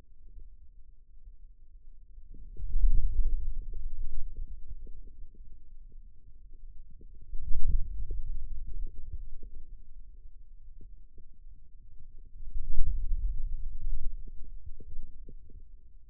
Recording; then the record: forearm muscle sounds (acoustic myography)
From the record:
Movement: inward rotation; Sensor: system 2, bracelet of six BSWA MPA416 microphones around the upper forearm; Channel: 2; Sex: male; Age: 22 years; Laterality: right